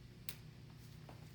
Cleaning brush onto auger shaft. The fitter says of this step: then it will lock into place just like